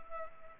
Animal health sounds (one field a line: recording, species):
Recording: mosquito wingbeat signal from an infrared sensor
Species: Culex pipiens